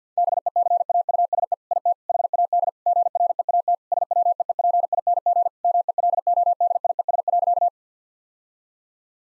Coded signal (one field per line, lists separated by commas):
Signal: Morse code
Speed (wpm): 50 wpm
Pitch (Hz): 700 Hz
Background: none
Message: BECAUSE IT HAD GREAT SWEEPING MELODIES.